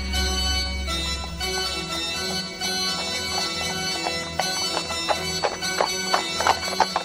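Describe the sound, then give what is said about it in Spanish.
Horse hooves clip-clop in a quickening, uneven rhythm that grows more pronounced toward the end, set against a steady tonal drone with a low rumble at the start, as a horse returns from the mountains bringing a herd of wild horses. “Una semana después, el caballo volvió de las montañas, trayendo consigo una manada de caballos salvajes.”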